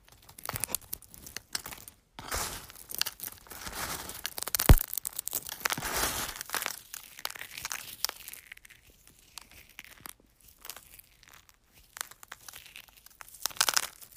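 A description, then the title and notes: Eggs being crunched, with crisp, crackling shell breaks and crinkly rustling. The crunching is densest and loudest from about two to seven seconds, with one sharp snap near five seconds, then thins into sparse, scattered cracks with brief silent gaps and a small flurry at the end. ASMR Crunching Eggs.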